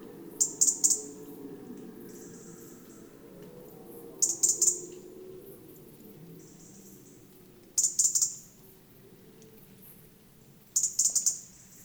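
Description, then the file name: European robin calls: quick clusters of sharp, high ticks repeated about every three to four seconds, with faint thin notes between them over a soft low hum. "Erithacus rubecula"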